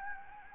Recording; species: mosquito wingbeat signal from an infrared sensor; Anopheles gambiae